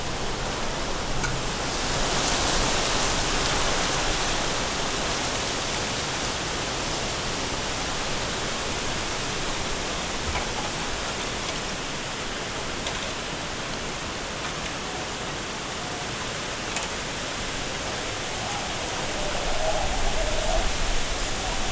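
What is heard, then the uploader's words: Strong wind roars steadily through a bamboo forest, a dense, rushing hiss that fills the whole 22 seconds without pause. A brighter gust swells around two to four seconds, and the sound rises slightly again near the end, with faint creaks and knocks scattered throughout. Stronger Winds in a Bamboo Forest.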